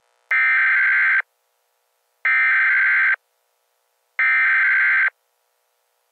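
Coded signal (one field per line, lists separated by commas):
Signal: Emergency Alert System (SAME) tones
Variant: header bursts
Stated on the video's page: Fictional EAS scenario.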